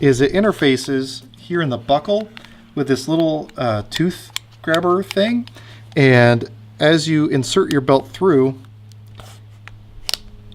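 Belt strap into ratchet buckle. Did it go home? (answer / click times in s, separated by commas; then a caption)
yes / 9.7 s, 10.1 s. Someone talks over a quiet background while the working end of a Kore Trackline track-style EDC belt is pushed through its ratchet buckle. The belt's teeth engage the buckle's little tooth grabber with short, sharp clicks at about 9.7, 10.1 and 10.1 seconds. The belt clicks into place and holds at the chosen depth.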